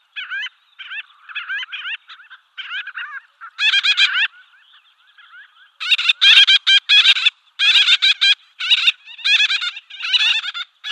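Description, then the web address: Gull-billed tern calls: rasping nasal notes in irregular bursts, sparse at first and becoming busier. "Schulze Peter Gull-billed Tern"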